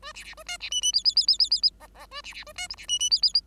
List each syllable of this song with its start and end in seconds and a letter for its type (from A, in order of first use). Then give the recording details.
0.02-0.12 A, 0.14-0.24 B, 0.24-0.34 B, 0.37-0.43 A, 0.46-0.57 C, 0.60-0.69 B, 0.70-0.81 D, 0.81-0.92 D, 0.93-1.03 E, 1.04-1.15 E, 1.16-1.26 E, 1.27-1.38 E, 1.39-1.50 E, 1.50-1.61 E, 1.62-1.70 E, 1.80-1.87 F, 1.94-2.06 F, 2.11-2.21 A, 2.23-2.34 B, 2.34-2.44 B, 2.46-2.53 A, 2.56-2.67 C, 2.69-2.75 G, 2.77-2.86 B, 2.88-2.99 D, 2.99-3.10 D, 3.10-3.21 E, 3.22-3.33 E. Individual Bird5